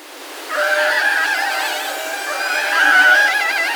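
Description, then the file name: Orca calls: a drawn-out, warbling squeal with rich overtones that swells louder toward the end, against a hissing background. "Orcas Killer Whales"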